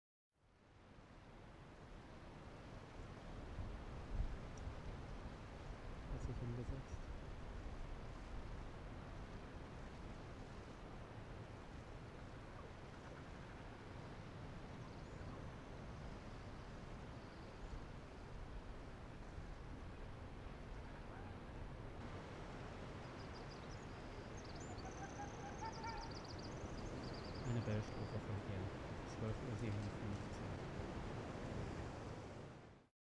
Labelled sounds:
Arctic Fox (Vulpes lagopus)
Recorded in the wild
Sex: female
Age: adult
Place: Insel Mednyi, Kommandeur-Inseln, RU
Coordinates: 54.5167, 168.083
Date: 1999-07-18 12:55
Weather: Hochnebel, 10°C, windstill
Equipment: Sony WM-D6C, Sennheiser MKH 70, Windkorb, Kopie Tascam DA 30
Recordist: Frommolt, Karl-Heinz
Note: Nördlich Kap Dlinnyi, 100 m nördlich der Höhle am Kap: Polarfuchsfähe (Alopex lagopus) links Gelb/Orange 37 kommt von Höhle, läuft in meine Richtung, setzt sich hin und äußert ein leises "wa", läuft zurück Richtung Höhle, markiert, klettert auf Findling und äußert eine Bellstrophe. Zwischen "wa" und Bellstrophe 1:50 min rausgeschnitten

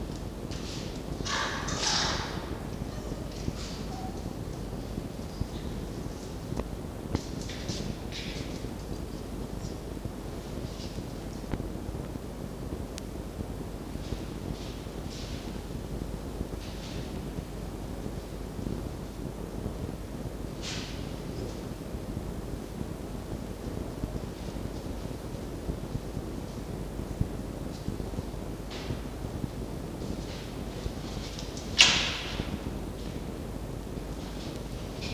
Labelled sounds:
Red Fox (Vulpes vulpes)
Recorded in captivity
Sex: group
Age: adult
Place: Zoologisches Institut der HUB, Berlin, DE
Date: 1952-11-03 19:10
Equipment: Elmetra
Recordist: Tembrock, Günter
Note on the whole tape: 1) Fiffi: Keifen; Mucki: Angstwinseln; 2) Mucki: Knuffen = geschlossenes Keckern (gegen Toni); 3) Jupp (im Kasten): geschlossenes Bellen (sehr leise), Fiepen

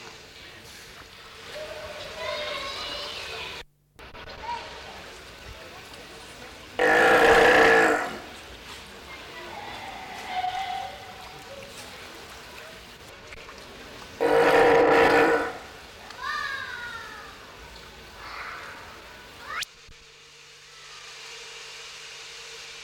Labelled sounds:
South American Sea Lion (Otaria flavescens) call
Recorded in captivity
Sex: female
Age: adult
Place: Münchner Tierpark Hellabrunn, Bayern, DE
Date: 1993-09-20
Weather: 19 °C, heiter
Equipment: Marantz CP 430, Sennheiser MKH 416 T, Kopie Uher Variocord 263
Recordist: Tembrock, Günter

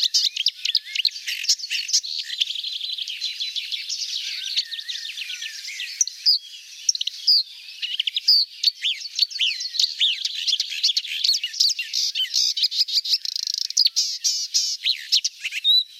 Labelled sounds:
Marsh Warbler (Acrocephalus palustris) song
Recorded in the wild
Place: Oberrotweil am Kaiserstuhl / Bickensohl, Baden-Württemberg, DE
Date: 1991-05-28
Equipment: Dat-Recorder Casio DA 7, Telinga M2, stereo, Telinga-Parabolspiegel
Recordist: Schwarz, Dieter
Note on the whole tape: Song

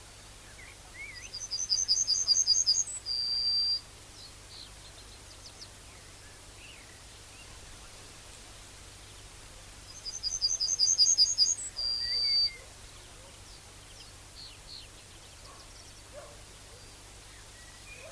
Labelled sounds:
Yellowhammer (Emberiza citrinella) song
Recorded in the wild
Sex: male
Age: adult
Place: Köppchensee (Fließtal), NSG Fließtal, Berlin, DE
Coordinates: 52.6231, 13.3747
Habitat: willow
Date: 1996-07-14 12:48
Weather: slightly overcast, 22°C
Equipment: Sony MD-WM MZ-R3, Sennheiser MKH 416 T, Kopie Uher 4000 Report Monitor
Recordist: Tembrock, Günter

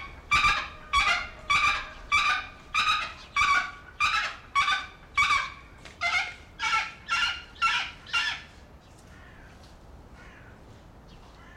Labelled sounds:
Pallas's Fish Eagle (Haliaeetus leucoryphus) call
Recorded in captivity
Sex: pair
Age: adult
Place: Zoo Berlin, Berlin, DE
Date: 1995-02-11 15:39
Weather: bedeckt, 6°C
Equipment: Marantz CP 130, Sennheiser ME 80, Kopie Uher Variocord 263
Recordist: Tembrock, Günter

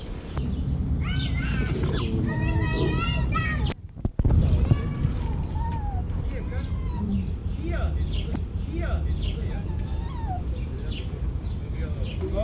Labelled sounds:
Corsac Fox (Vulpes corsac)
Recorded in captivity
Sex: group
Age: adult
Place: Zoo Halle, Sachsen-Anhalt, DE
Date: 1976-07-26 18:30
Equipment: Uher CR 210, Sennheiser MD 421 HL, Verstärker, Kopie Uher Variocord
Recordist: Tembrock, Günter

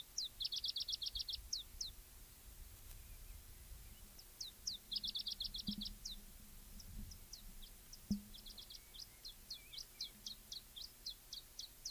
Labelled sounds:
Iberian Chiffchaff (Phylloscopus ibericus)
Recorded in the wild
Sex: male
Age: adult
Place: Bei Molinar, Nordspanien, Baskenland, ES
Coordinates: 43.2167, -3.28333
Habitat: mountain side
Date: 1964-05-05 16:40
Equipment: Nagra III PH, Parabolspiegelmikrophon, LGS26
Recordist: Schneider, Hans-Joachim
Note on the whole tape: Bei Molinar zwischen La Carranza und Lanestasa in der Umgebung von Ramales de la Victoria. Phylloscopus collybita brehmii (alte Bezeichnung, inzwischen eigene Art). Rivalengesänge- und Laute. MaAs: M.Sch

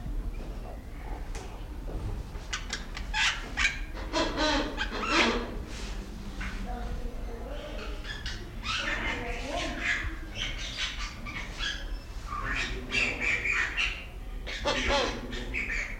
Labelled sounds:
Wreathed Hornbill (Rhyticeros undulatus)
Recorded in captivity
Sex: pair
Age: adult
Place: Zoo Berlin, Berlin, DE
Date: 1994-06-11 12:26
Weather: heiter, 12-16°C
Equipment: Marantz CP 430, Sennheiser ME 80, Kopie Uher Variocord 263
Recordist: Tembrock, Günter

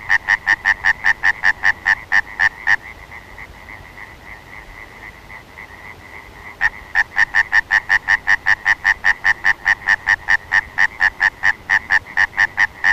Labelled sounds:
Common Tree Frog (Hyla arborea) call
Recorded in the wild
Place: Schweinsberg, DE
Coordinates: 50.765, 8.9675
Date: 1964-04-29
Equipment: Uher Report 4000, AKG D190
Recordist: Krey, Winfried

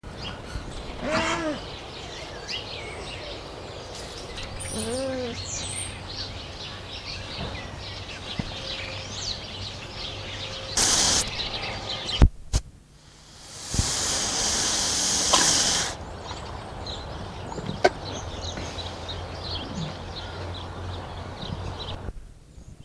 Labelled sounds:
Wapiti (Cervus canadensis)
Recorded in captivity
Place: Tierpark Berlin, Berlin, DE
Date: 1980-10-11 12:19
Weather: sunny, 5-8°C, no wind
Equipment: Nagra SN, Kopie Uher 4200 Report Stereo
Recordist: Tembrock, Günter

